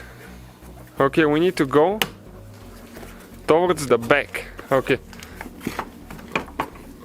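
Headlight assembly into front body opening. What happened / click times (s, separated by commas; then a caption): The plastic housing went in but did not fully seat on one side / 6.4 s, 6.6 s. A headlight assembly on a 2011–2016 Hyundai Elantra is pushed back into the front body opening during a high beam bulb replacement. Someone talks, then a series of small knocks leads to two sharp clicks at 6.4 and 6.6 seconds. The assembly is still not fully seated on one side.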